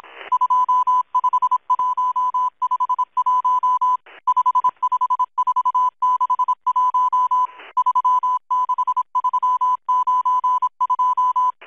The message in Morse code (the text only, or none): 25151 55461 36392